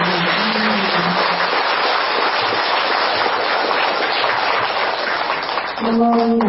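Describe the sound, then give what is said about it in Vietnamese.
A crowd applauds loudly and steadily for several seconds to welcome Venerable Thích Pháp Hòa, abbot of Trúc Lâm and Tây Thiên monasteries in Edmonton, Canada, a dense crackling wash of clapping, with a faint low tone at the start and a humming tone creeping in at the end. “Xin đại chúng một tràng vỗ tay thật lớn.”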